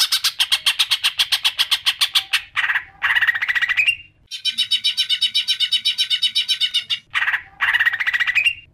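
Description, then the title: Leafbird song in bursts of rapid, scratchy chatter broken by short pauses, some bursts ending in a brief upward-slurred whistle. "CUCAK IJO"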